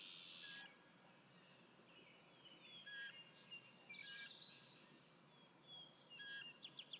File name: Savannah Sparrow